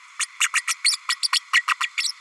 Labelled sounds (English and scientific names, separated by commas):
Green-rumped Parrotlet (Forpus passerinus) babbling